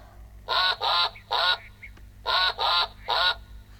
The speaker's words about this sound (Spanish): ¡Pato!